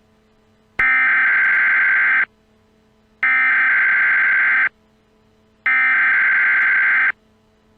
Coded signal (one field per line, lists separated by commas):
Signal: Emergency Alert System (SAME) tones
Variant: header bursts